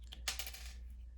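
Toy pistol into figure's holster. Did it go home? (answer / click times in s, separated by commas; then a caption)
yes / 0.3 s. A small plastic toy pistol, the action figure's side arm, is pushed into the figure's plastic holster. A couple of faint ticks are followed by a sharp, bright click at 0.3 s as it snaps into place, with a softer tick just after, over a steady low hum. The side arm is seated in the holster.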